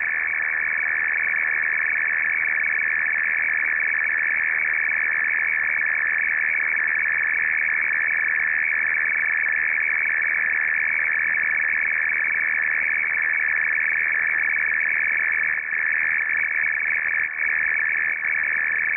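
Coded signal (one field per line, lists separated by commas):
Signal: RTTY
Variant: F01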